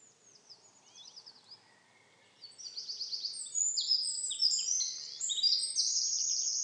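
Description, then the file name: Eurasian wren, brief soft notes followed by a loud, fast, high-pitched song of tumbling trills and sharp chirps. "Troglodytes troglodytes"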